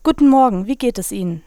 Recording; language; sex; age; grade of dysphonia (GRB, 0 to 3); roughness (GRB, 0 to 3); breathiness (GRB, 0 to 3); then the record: spoken sentence; German; female; 20 to 29 years; 0; 0; 0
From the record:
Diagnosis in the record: healthy voice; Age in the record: 21 years